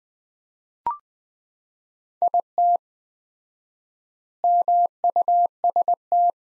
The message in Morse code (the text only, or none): IT MUST